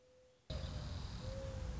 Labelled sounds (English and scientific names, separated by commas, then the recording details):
Mourning Dove (Zenaida macroura)
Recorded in Sonoma County, California